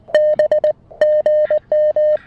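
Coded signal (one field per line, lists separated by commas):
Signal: Morse code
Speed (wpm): 20 wpm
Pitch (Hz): 3050 Hz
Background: music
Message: B GM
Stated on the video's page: Morse sent in straight key mode on a Mountain Topper MTR-4B with an Emtech ZM-2 manual tuner and 9:1 random wire, during a park activation on 20, 30 and 40 meters.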